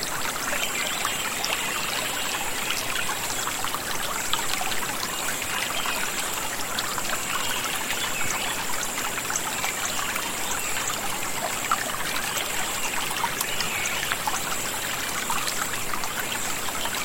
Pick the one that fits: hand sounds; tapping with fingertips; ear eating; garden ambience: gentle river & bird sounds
garden ambience: gentle river & bird sounds